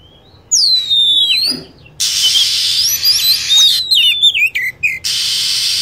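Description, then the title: Lovebird calls: a shrill whistle gliding down, then harsh chatter mixed with rapid high chirps and slurred notes. Lure sound used to attract lovebirds. "PIKAT BURUNG LOVEBIRD"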